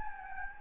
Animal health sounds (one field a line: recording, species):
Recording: mosquito wingbeat signal from an infrared sensor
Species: Anopheles gambiae